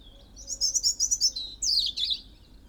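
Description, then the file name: European robin phrase of fast high tinkling notes followed by a falling, scratchy warble, about two and a half seconds. "Erithacus rubecula"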